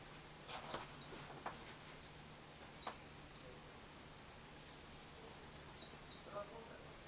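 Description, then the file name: Bird calls: a few thin, high notes, with scattered clicks over a steady hiss and low hum. "wild bird"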